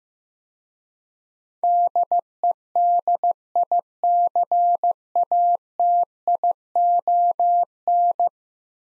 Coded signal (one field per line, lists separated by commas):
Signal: Morse code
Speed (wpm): 15 wpm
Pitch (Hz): 700 Hz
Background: none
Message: DEDICATION